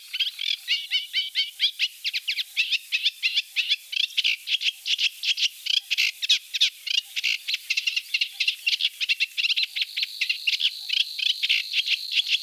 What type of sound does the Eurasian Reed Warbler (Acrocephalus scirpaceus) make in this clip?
song